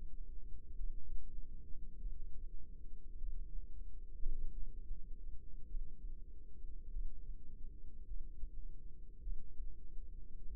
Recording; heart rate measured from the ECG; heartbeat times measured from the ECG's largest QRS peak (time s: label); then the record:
heart sounds by microphone in the left ear; 49 bpm
0.75 s: heartbeat
1.97 s: heartbeat
3.18 s: heartbeat
4.52 s: heartbeat
5.66 s: heartbeat
6.90 s: heartbeat
8.05 s: heartbeat
9.21 s: heartbeat
10.47 s: heartbeat
From the record:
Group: healthy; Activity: rest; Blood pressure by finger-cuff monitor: 109/66 mmHg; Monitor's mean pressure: 82 mmHg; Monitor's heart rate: 50 bpm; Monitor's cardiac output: 4.7 L/min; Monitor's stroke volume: 93 mL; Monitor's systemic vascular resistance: 1240 dyn s/cm5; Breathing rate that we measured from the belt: 20 breaths a minute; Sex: female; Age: 28 years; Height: 170 cm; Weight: 77 kg